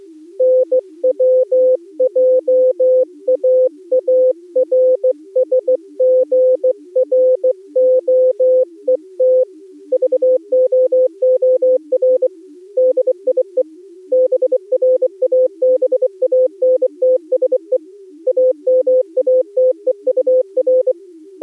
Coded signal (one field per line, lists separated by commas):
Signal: Morse code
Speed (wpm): 18 wpm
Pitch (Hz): 510 Hz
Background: music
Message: NWJAARSGROET VOOR DIE BRABANTSE AMATEUR